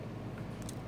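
A display flex cable on an iPhone 5SE being replaced with new glass and LCD is hovered over its connector on the phone's logic board and pressed down. After some trouble it seats with a single small click at 0.7 s over a steady low hum, and the connection is confirmed as clicked in.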